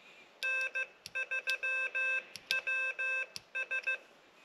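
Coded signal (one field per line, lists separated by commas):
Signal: Morse code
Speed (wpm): 15 wpm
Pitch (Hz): 2600 Hz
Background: none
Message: N3WS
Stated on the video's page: Single lever key, 3D-printed from shared design files, wired with CAT5 network cable.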